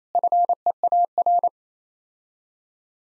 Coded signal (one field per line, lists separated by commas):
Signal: Morse code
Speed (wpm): 28 wpm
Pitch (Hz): 700 Hz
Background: none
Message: FEAR